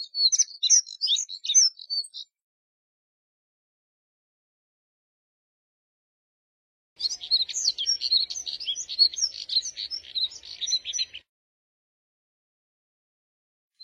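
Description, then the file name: Moussier's redstart: a short burst of high scratchy twittering, a long silence, then a second, longer rapid warble. "Canto do Redstart de Moussier"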